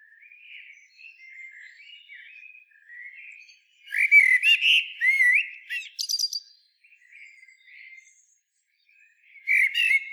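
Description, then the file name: Common blackbird song: low, mellow fluted phrases, then a loud burst of scratchy, high twittering, a pause, and another fluty phrase starting. "Turdus merula"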